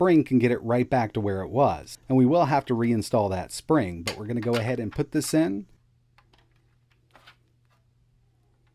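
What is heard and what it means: Someone talks for about the first 5.7 seconds while a plastic reset button piece for a Super Nintendo console is put into place in the console shell. Quiet handling ticks follow between about 6.2 and 7.2 seconds. Nothing has snapped or clicked into place yet, and the back half of the shell is not on.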